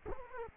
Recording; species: mosquito wingbeat signal from an infrared sensor; Culex quinquefasciatus